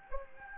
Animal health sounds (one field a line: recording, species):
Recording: mosquito wingbeat signal from an infrared sensor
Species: Anopheles gambiae